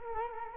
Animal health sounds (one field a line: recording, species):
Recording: mosquito wingbeat signal from an infrared sensor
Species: Culex quinquefasciatus